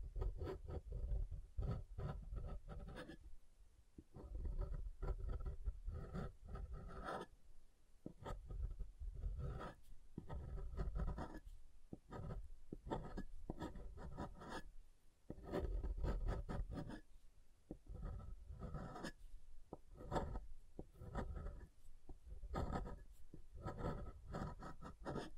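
Soft soap is tapped and carved in dense, continuous scraping and rubbing strokes, with brief pauses and crisp taps scattered throughout.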